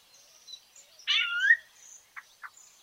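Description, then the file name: Rufous-bellied thrush call: one loud, harsh note, followed by two short soft clucks. "Sonido ZORZAL COLORADO"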